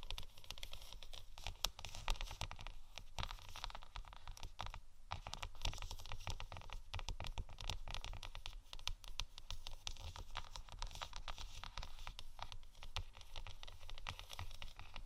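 Gentle scratching and tapping on faux leather runs continuously, a dense stream of quick crackly scrapes and small taps with no real pauses. Brief flurries of sharper taps stand out here and there, with a short hush near five seconds, over a faint low rumble.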